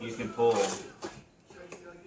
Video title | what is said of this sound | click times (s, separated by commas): Carrot 3 adaptable carseat | This guy right here, if you pull on that, like that, you'll feel it click. | 1.7 s